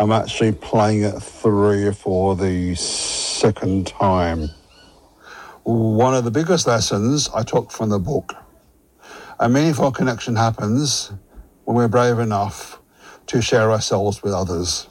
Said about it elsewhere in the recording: He's got a beautiful, powerful voice that he's fallen back in love with. Living with a stutter has made communication challenging throughout my life.